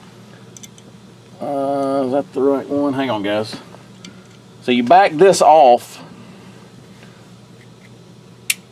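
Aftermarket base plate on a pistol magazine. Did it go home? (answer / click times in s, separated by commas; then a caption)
yes / 8.5 s. Someone talks while backing off the allen screw on an aftermarket base plate of a Canik TP9SFX pistol magazine, with a few faint ticks early on and a quiet stretch after the speech. The base plate is then worked until it snaps into place with one sharp, loud click at 8.5 s.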